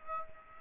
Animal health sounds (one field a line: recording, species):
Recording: mosquito wingbeat signal from an infrared sensor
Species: Aedes aegypti